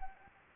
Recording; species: mosquito wingbeat signal from an infrared sensor; Anopheles arabiensis